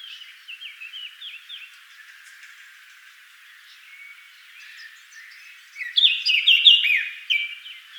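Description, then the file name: Eurasian blackcap song: a long quiet scratchy warble that breaks into a loud, clear, fluty flourish of rising and falling whistles near the end. "Sylvia atricapilla"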